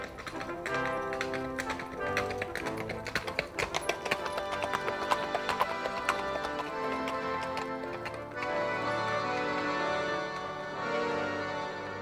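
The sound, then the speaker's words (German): Horses' hooves clip-clop in a steady, brisk rhythm as two riders travel on horseback on a journey, over a sustained musical background. After about eight seconds the hoofbeats drop away and the music continues alone. “nahm den Simplicius kurzerhand mit auf die Reise. Zwei Kavalier, wohlversehen mit Kleidung, Pferden und Gewehr.”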